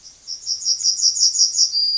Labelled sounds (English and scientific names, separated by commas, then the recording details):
Yellowhammer (Emberiza citrinella) song
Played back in grassland
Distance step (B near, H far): B
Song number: 047